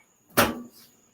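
A wheel lock on the caster of a rolling studio table is pressed down to stop the table from moving. A single sharp, broadband click sounds at 0.3 s and fades over about a quarter second, with a faint steady high tone underneath. The caster lock engages and holds.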